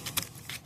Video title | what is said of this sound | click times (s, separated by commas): How To Replace Your Spark Plugs: 2004 Honda Accord | Hear the click | 0.5 s